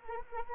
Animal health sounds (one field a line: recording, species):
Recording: mosquito wingbeat signal from an infrared sensor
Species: Anopheles arabiensis